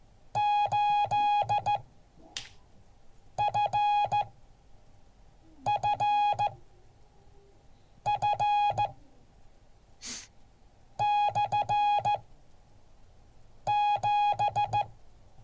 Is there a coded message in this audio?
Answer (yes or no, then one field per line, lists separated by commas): yes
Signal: Morse code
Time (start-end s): 0.4-14.8 s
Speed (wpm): 14 wpm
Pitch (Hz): 830 Hz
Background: none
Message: 8 FFF /7